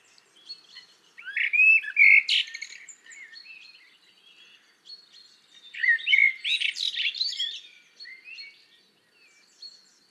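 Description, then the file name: Common blackbird song: two main phrases of fluty warbling mixed with higher squeaky twittering, separated by a pause of a few seconds, with quieter notes around them. "Turdus merula"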